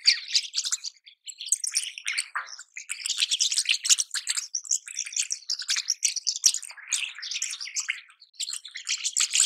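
Rosy starling, continuous scratchy chattering and squeaking notes, dense and high-pitched throughout with only brief pauses.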